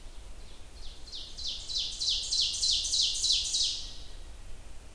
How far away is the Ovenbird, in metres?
about 30 m